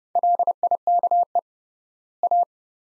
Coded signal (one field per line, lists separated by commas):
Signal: Morse code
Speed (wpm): 30 wpm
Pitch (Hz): 700 Hz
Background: none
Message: LIKE A